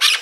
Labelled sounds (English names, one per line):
Brown-throated Parakeet contact call